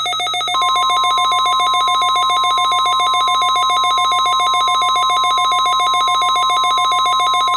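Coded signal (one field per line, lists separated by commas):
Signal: Emergency Alert System (SAME) tones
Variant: 1050 Hz attention tone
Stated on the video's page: NOAA Weather Radio Required Weekly Test.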